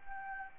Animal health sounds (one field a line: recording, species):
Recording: mosquito wingbeat signal from an infrared sensor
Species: Anopheles gambiae